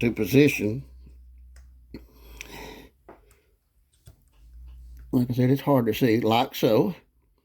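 A metal slide lock is slid into position in the polymer frame of a Glock 22 pistol while pressure is held on its spring. Someone talks, with a few faint handling ticks in the pauses between speech. Nothing has seated or clicked yet.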